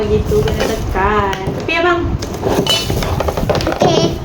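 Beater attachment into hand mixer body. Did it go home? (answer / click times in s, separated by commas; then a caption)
no / none. A beater attachment is handled at the body of a hand mixer while people talk, with faint clinks of dishes and utensils in the background. It has not seated or clicked into place yet.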